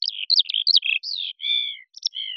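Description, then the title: Eurasian skylark song, a rapid run of chirruping, warbled notes sliding up and down, ending in a few longer clear whistles, with no other sounds. "Songbird_Skylark"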